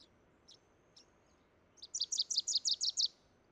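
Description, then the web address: Wilson's warbler song: a few isolated sharp chips, then a rapid, steady run of about nine loud chattering notes at the end. "soundandlightecologyteam"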